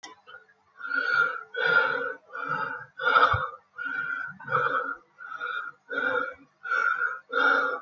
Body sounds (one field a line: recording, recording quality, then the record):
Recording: shallow breathing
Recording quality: excellent, no background noise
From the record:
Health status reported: healthy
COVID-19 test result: not tested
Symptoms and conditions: none ticked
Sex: male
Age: 21 years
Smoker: not ticked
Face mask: not worn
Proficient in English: yes